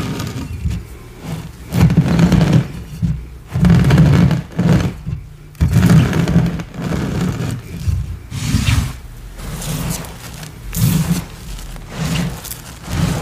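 Gym chalk and cornstarch are crushed in soft, muffled squeezes, low crunchy bursts every second or so with brief quiet gaps between.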